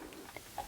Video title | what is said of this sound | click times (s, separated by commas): We R Memory Keepers PrintMaker: Unsponsored Review | cartridge with the purple arrows and just push it into place and you'll hear it snap. | 0.1 s, 0.4 s, 0.6 s